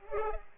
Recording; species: mosquito wingbeat signal from an infrared sensor; Culex pipiens